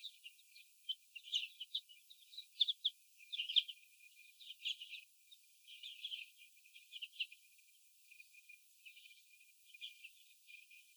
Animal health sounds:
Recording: young laying hens in a cage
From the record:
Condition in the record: before the stressor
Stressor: sudden umbrella opening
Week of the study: 2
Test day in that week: 1

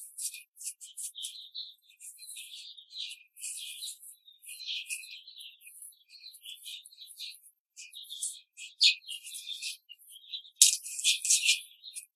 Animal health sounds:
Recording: young laying hens in a cage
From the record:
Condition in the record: control cage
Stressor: none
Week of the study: 5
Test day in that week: 1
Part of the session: 2

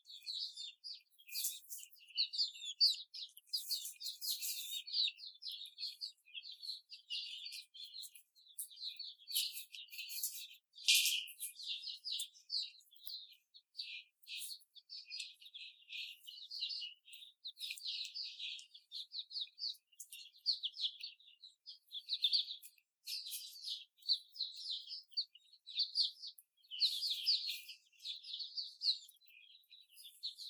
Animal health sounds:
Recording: young laying hens in a cage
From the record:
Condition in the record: before the stressor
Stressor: simulated dog barking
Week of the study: 4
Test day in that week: 2

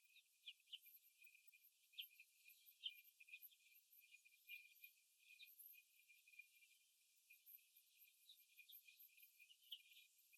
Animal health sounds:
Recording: young laying hens in a cage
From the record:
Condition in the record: after the stressor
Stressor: simulated dog barking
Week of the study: 1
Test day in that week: 2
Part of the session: 3

